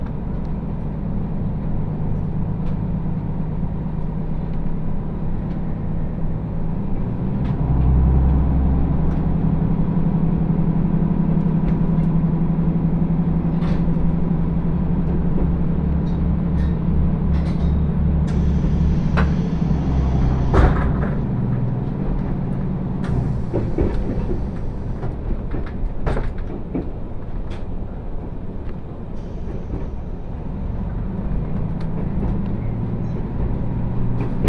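Steady low rumble of a sightseeing trolley train on the Tokushima Line, swelling in the middle, with scattered clacks and knocks throughout.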